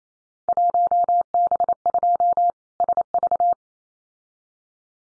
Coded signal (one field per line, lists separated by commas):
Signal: Morse code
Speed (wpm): 28 wpm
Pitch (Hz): 700 Hz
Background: none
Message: 1B2 SV